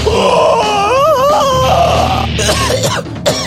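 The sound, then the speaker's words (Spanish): A loud, gravelly rock-style scream from a single voice, its strained pitch wavering up and down before breaking into rougher, choppy bursts toward the end. “El … de … me enseñó a gritar como rockero. Es más o menos así.”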